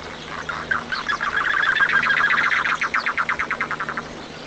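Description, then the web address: Chotoy spinetail song: a fast chattering series of dry, clipped notes that builds, then slows into evenly spaced separate pulses toward the end. "cantos chotoy"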